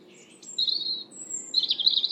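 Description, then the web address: European robin delivering short high notes: a sweet whistle, a brief pause, a thin high tone, then a bright rippling warble at the end. "Deverinetal 2025"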